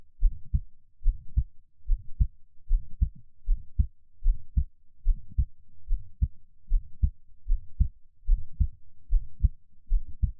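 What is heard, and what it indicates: Steady paired low thuds, a clear lub-dub repeating about 74 times a minute in a regular rhythm, with a soft low rumble between beats. An adult heartbeat heard close to the chest, with no talking.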